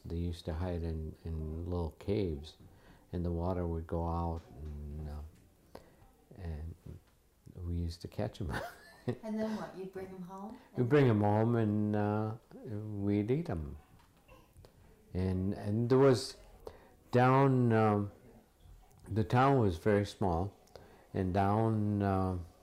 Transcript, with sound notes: They used to hide in little caves and the water would go out and — and we used to catch them. [Laughs]
And then what? You'd bring them home?
You'd bring them home and we'd eat them, and there was — down — the town was very small and down